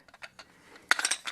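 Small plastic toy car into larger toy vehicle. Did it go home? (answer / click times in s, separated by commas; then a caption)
yes / 0.9 s. A small plastic toy car is pushed into a slot in a larger toy vehicle, with a few faint light clicks and taps before it. One sharp snap at 0.9 s marks the car seating in place, followed by a quick run of lighter clicks and rattles as it settles.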